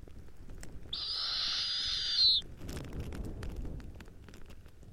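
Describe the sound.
Snowy owl producing one drawn-out, rasping, hissy screech lasting about a second and a half, ending in a brief downward whine, over steady low background rumble.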